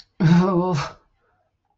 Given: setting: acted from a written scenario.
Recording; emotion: vocal sound without words; shame